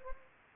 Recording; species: mosquito wingbeat signal from an infrared sensor; Anopheles gambiae